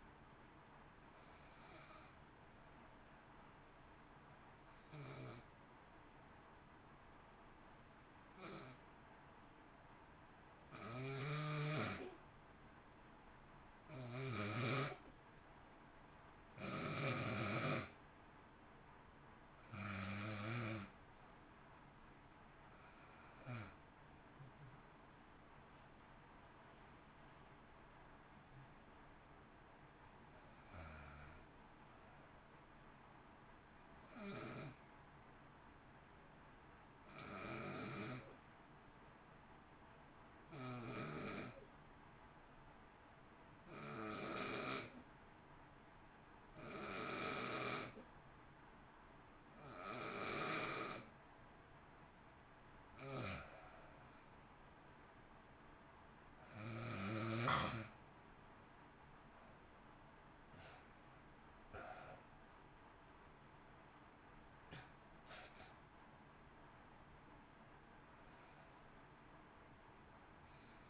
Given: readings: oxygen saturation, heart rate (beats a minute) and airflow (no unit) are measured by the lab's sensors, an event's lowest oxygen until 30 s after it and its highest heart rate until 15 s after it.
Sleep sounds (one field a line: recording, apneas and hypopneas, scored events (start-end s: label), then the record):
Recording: breathing in sleep by a voice recorder at the bedside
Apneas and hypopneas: 2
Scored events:
5.00-25.90 s: hypopnea (N2, oxygen 94% highest, then 87% lowest, heart rate 57 at the start, 62 highest)
40.00-58.30 s: hypopnea (N2, oxygen 93% highest, then 83% lowest, heart rate 53 at the start, 64 highest)
57.00-70.90 s: new sleep stage, N1 (lightest sleep)
From the record:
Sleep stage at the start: N2 (light sleep)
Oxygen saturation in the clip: 84 to 94%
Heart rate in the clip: 52 to 64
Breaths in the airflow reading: 25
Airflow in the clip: -1.1 to 1.8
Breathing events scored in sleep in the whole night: 328 in 6.3 hours asleep